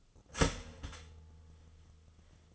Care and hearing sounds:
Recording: daily activity, microphone in the room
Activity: start toaster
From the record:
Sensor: 4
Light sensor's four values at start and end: 23/69/27/27 and 23/69/27/27

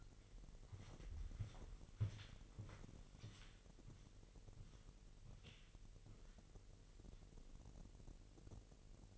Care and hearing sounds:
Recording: daily activity, microphone in the room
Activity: walk to room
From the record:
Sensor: 4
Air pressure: 1002.9 hPa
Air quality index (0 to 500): 249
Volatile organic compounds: 10 ppm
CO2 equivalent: 2257 ppm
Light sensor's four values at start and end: 10/24/9/10 and 12/27/11/11

